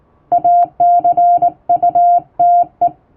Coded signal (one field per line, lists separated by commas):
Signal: Morse code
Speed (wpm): 20 wpm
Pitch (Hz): 700 Hz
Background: music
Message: ACUTE